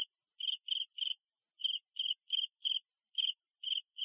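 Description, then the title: Cricket producing high, grating chirps in small groups, spaced by short quiet gaps over a few seconds. "suara Hujan Guntur Suara Jangkrik Dan Burung"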